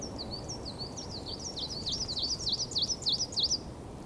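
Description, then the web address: Coal tit song: thin, high notes that build into a rapid, even run of sharp two-note phrases, with steady hiss underneath. "linnut kuusitiainen"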